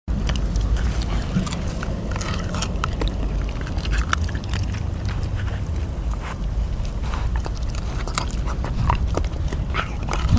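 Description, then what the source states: Dog gnawing a bone, irregular crunching and cracking clicks scattered throughout over a steady low rumble. Mongrel dog feeding, gnawing bones.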